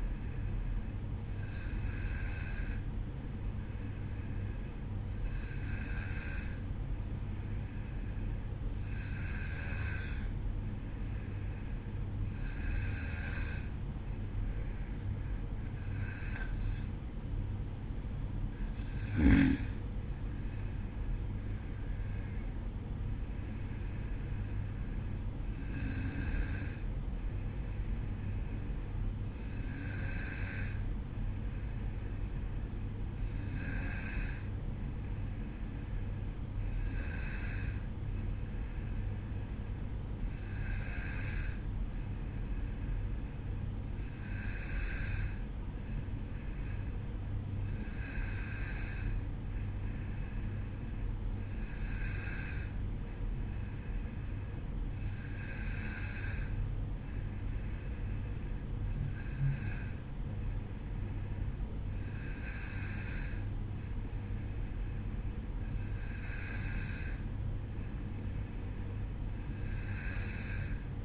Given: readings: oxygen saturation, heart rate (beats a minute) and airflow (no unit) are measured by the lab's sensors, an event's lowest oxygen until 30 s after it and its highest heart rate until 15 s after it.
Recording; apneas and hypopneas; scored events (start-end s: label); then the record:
breathing in sleep by a smartphone at the bedside; none
39.00-71.05 s: new sleep stage, N2 (light sleep)
From the record:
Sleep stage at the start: N1 (lightest sleep); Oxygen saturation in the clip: 93 to 94%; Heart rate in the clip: 52 to 56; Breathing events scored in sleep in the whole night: 305 in 9.6 hours asleep